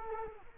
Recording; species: mosquito wingbeat signal from an infrared sensor; Culex quinquefasciatus